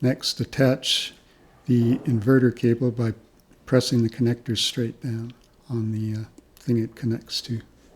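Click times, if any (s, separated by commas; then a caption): none. A man talks while the inverter cable connector of a Dell Inspiron 9400 laptop LCD screen is handled and pressed straight down onto the small inverter board socket. Nothing has seated or clicked yet when the clip ends.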